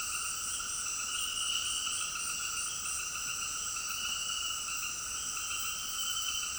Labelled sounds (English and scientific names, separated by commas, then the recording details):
none
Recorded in dense forest near Puerto Asís, Putumayo, Colombia, on 18 February 2024 at 18:00
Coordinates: 0.481, -76.318
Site G6421